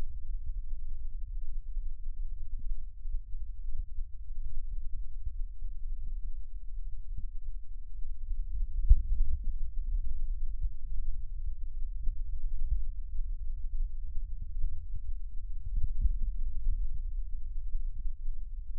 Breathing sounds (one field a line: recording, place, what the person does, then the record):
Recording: lung sounds by stethoscope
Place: left posterior basal chest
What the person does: quiet breathing, then deep breathing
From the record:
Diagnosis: COPD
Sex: male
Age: 78 years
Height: 162 cm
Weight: 66.4 kg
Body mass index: 25.3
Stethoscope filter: bell mode